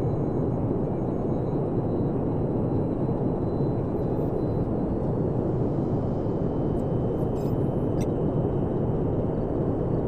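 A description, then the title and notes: An alien space mission ambience: a dense, steady low rumble that holds an even level for the whole stretch. Thin high tones hum faintly above it, and brief bright chirps flick in around the fourth second and again near seven to eight seconds. Alien Space Mission Ambience.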